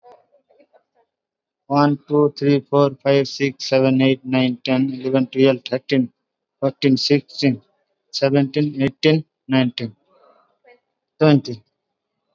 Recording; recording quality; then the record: counting at a fast pace; moderate, slight background noise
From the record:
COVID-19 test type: RT-PCR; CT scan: not taken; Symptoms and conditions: sore throat, fever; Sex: male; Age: 22 years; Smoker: no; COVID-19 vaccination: one dose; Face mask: worn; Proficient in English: yes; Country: India